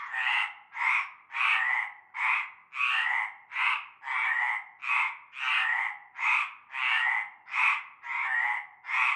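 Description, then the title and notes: Frogs croaking in a steady chorus, harsh buzzy notes repeated in quick succession with little pause between them. Frog chorus starting at nightfall in a large concrete basin with stagnant greenish water, Avenue Cante Coucou, La Ciotat, Bouches-du-Rhône, France. "Avenue Cante Coucou, Groupède, La Ciotat, Marseille, Bouches-du-Rhône, Provence-Alpes-Côte d'Azur, France métropolitaine, 13600, France - cœur de grenouilles. Une grande vasque en béton, un fond d'eau verdâtre croupissant. et un cœur de grenouilles dès la nuit tombée"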